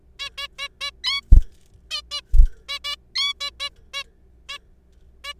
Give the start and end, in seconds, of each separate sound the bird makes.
0.19-0.29, 0.38-0.47, 0.58-0.68, 0.81-0.90, 1.04-1.21, 1.91-2.01, 2.11-2.21, 2.69-2.79, 2.85-2.95, 3.16-3.33, 3.41-3.50, 3.60-3.69, 3.94-4.03, 4.49-4.58, 5.24-5.34